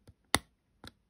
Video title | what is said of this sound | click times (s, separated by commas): How to replace alphanumeric keycaps on a MacBook Pro A1706, A1707 and A1708 (2016 - 2018) | that clicks into place as well and then your keycap is attached | 0.3 s